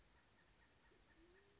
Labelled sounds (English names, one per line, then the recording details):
Band-tailed Pigeon
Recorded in Sonoma County, California